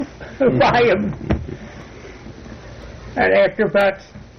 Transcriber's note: laughter